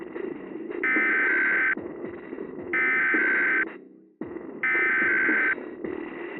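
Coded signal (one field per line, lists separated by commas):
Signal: Emergency Alert System (SAME) tones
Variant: header bursts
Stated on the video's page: Fictional simulated cell-phone EAS scenario made for Halloween.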